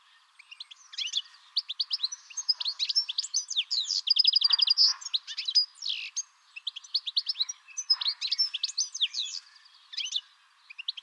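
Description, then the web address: Bird song, a lively stream of sharp high chirps broken by fast rattling trills. "Deverinetal"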